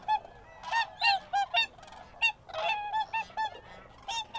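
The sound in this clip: Cranes calling together, short harsh honking notes and rolling trumpets repeated in quick uneven bursts.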